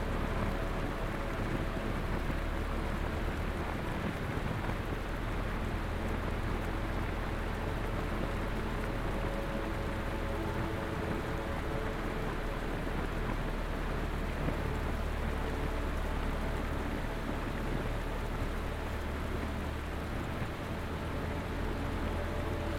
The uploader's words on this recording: Swells and Rain. The string section creates ethereal chords that ebb and flow, creating a gentle embrace for your weary mind. A backdrop of constant rain sound envelops each melodic note.